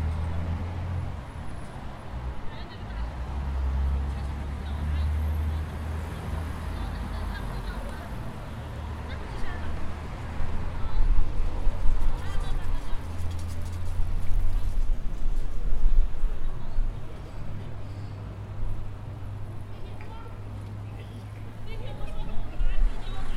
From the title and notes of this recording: On Lane 5 of the Padua Bus Station, I am waiting for the bus to Arre, a small village of the lower Padua area where my parents live and where I grew up. The Bus Station is adjacent to the Railway Station.